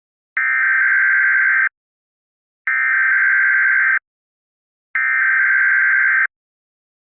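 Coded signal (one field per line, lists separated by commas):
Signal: Emergency Alert System (SAME) tones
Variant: header bursts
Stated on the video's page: Fictional tornado outbreak EAS scenario.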